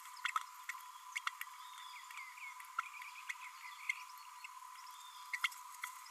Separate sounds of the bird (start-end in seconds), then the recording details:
0.25-0.28, 0.69-0.71, 1.16-1.19, 1.27-1.29, 2.78-2.81, 3.89-3.92, 5.33-5.39, 5.43-5.49. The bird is a male. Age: 29 days. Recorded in a nest box in Venezuela. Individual 17B32A6